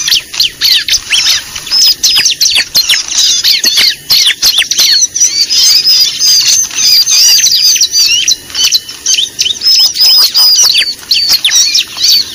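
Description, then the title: Continuous lovebird chatter, a busy mix of thin high chirps and buzzy squeaks that runs on without stopping. Lure recording (pikat) made for attracting birds. "PIKAT BURUNG LOVEBIRD"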